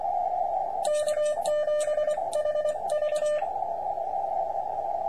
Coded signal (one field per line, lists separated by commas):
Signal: Morse code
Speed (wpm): 25 wpm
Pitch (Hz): 3000 Hz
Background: radio noise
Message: K7HV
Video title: OGASAWARA 20M CW QSO W JD1BMH